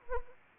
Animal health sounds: mosquito wingbeat signal from an infrared sensor; Anopheles arabiensis

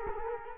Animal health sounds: mosquito wingbeat signal from an infrared sensor; Culex quinquefasciatus

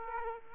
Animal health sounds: mosquito wingbeat signal from an infrared sensor; Aedes aegypti

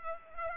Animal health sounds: mosquito wingbeat signal from an infrared sensor; Culex pipiens

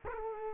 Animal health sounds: mosquito wingbeat signal from an infrared sensor; Culex quinquefasciatus

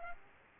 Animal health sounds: mosquito wingbeat signal from an infrared sensor; Aedes aegypti

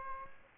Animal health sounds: mosquito wingbeat signal from an infrared sensor; Aedes aegypti

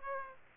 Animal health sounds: mosquito wingbeat signal from an infrared sensor; Aedes aegypti

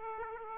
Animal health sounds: mosquito wingbeat signal from an infrared sensor; Aedes aegypti

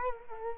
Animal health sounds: mosquito wingbeat signal from an infrared sensor; Culex quinquefasciatus

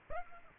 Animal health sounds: mosquito wingbeat signal from an infrared sensor; Aedes aegypti

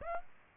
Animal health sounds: mosquito wingbeat signal from an infrared sensor; Aedes aegypti

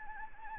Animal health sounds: mosquito wingbeat signal from an infrared sensor; Anopheles gambiae

